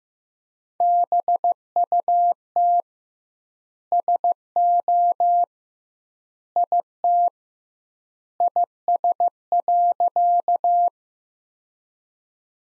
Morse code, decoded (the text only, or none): BUT SO IT IS.